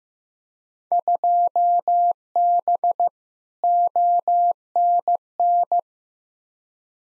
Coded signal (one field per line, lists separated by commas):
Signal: Morse code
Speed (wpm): 15 wpm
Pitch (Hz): 700 Hz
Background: none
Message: 2B ONN